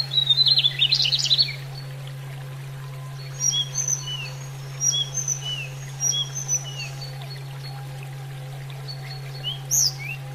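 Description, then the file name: Sunda robin song: an opening buzzy, scratchy jumble, followed by scattered high thin whistles and short slurs, with a steady low hum throughout. Used for training cage birds, Indonesia. "terapi burung tledekan"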